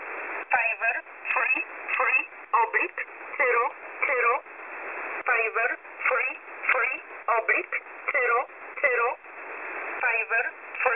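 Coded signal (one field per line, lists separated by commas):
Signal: numbers station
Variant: E11 Oblique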